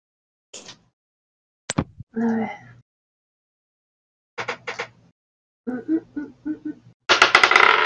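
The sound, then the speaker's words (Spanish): Dice clatter across a table in several short, bright rattling bursts with sharp clicks, the last one loudest and longest, while brief voice sounds come and go between them. “Sí, yo todavía no había sacado los dados, perdón.”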